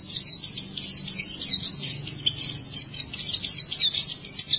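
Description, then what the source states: White-eye singing a rapid, high-pitched chatter of short sweeping notes packed closely together, barely a break between phrases. White-eye twittering song.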